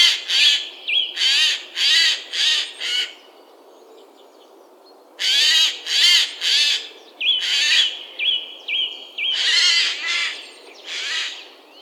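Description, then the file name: Eurasian jay repeatedly giving loud, rasping screeches in two bursts separated by a short pause, with brief whistled notes among them. "Garrulus glandarius"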